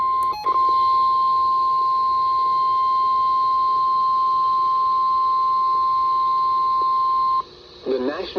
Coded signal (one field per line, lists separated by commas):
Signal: Emergency Alert System (SAME) tones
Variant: 1050 Hz attention tone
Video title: 8/6/23 - Severe Thunderstorm Warning on WXL60 || EAS 875